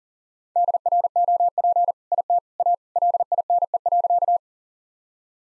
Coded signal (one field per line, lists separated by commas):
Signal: Morse code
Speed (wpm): 40 wpm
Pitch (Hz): 700 Hz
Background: none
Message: DROP IT A LINE.